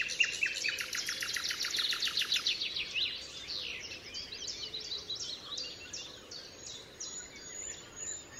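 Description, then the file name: Common nightingale song: a loud burst of rapid, evenly repeated notes for about two and a half seconds, then softer, varied chirping phrases. Recorded 27 April 2014 at the Altmühlsee. "Nachtigall. Altmuehlsee. Susanne Rieck"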